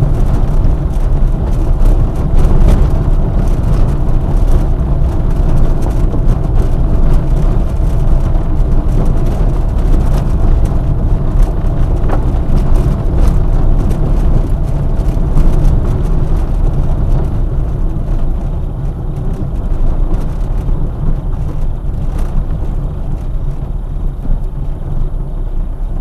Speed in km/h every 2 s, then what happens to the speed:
28, 28, 28, 28, 28, 28, 28, 25, 21, 19, 19, 14, 13.
0-13 steady at about 28. 13-23 slows to 13.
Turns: none.